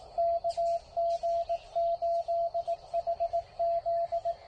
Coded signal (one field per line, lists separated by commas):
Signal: Morse code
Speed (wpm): 19 wpm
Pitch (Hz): 690 Hz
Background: radio noise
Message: KG8HZ